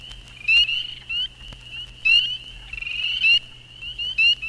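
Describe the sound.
Spring peepers calling together, their shrill rising peeps overlapping into a dense, uneven chorus over a faint low hum.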